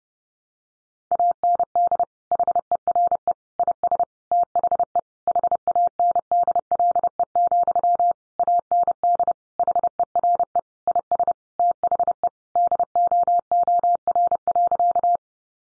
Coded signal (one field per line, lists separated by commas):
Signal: Morse code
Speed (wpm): 28 wpm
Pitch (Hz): 700 Hz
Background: none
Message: AND HERE IS THE HANDLE, AND HERE IS THE DOOR.